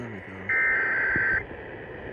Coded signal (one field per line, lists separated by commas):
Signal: Emergency Alert System (SAME) tones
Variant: header bursts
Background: speech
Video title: Arizona New RMT Message & South Bay SVRs (EAS #24962-25037) 3/5/25